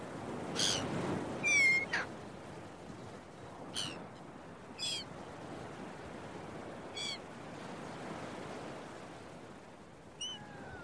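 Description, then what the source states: Gull giving harsh, stacked mewing calls in short bursts, several calls spread throughout, with a steady wash of surf underneath. Seagulls at a beach with waves, recorded early in the morning.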